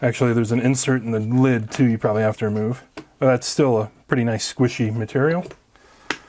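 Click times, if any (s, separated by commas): 6.1 s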